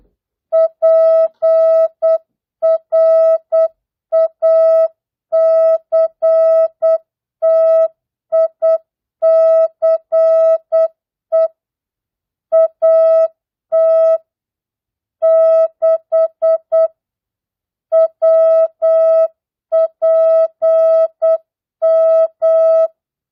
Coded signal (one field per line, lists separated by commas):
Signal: Morse code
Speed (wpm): 8 wpm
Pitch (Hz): 650 Hz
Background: music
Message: PRACTICE AT 6 WPM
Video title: Morse code, CW, practice at 8 wpm non Farnsworth mixed words, numbers, and punctuation.